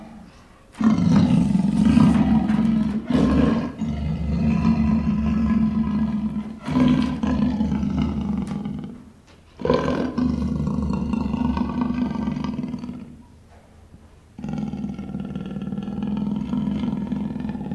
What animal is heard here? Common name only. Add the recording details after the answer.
Leopard. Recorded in captivity. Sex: female. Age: adult. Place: Tierpark Görlitz, Sachsen, DE. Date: 1988-02-24. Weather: overcast, ca. 0°C. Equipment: Nagra SN. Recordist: Tembrock, Günter